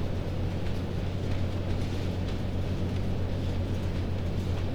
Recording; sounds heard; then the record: poultry house recording; no chicken sound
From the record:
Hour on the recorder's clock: 22